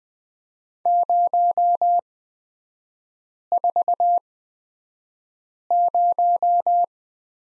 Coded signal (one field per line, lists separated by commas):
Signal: Morse code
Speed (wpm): 20 wpm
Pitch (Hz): 700 Hz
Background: none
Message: 040